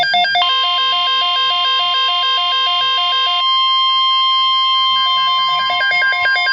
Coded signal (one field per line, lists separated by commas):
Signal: Emergency Alert System (SAME) tones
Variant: 1050 Hz attention tone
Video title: EAS Alert #63 - Severe Thunderstorm Watch 6/8/11